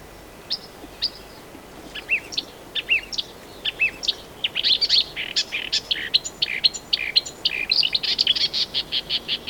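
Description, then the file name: Marsh warbler song opening with sparse high notes and slurred whistles, then quickening into a dense, rapid chattering run of varied chirps. "Marsh Warbler (Acrocephalus palustris)"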